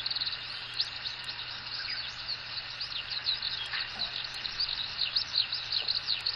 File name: ヒバリ 140502